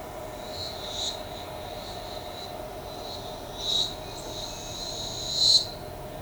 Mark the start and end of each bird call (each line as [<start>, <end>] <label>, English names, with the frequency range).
[4.01, 4.76] Striped Cuckoo (2.2-2.9 kHz)